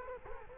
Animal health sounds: mosquito wingbeat signal from an infrared sensor; Culex quinquefasciatus

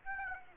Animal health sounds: mosquito wingbeat signal from an infrared sensor; Aedes aegypti

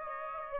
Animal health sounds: mosquito wingbeat signal from an infrared sensor; Aedes aegypti

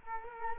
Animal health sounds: mosquito wingbeat signal from an infrared sensor; Culex quinquefasciatus

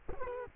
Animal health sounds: mosquito wingbeat signal from an infrared sensor; Culex quinquefasciatus

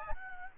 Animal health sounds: mosquito wingbeat signal from an infrared sensor; Aedes albopictus

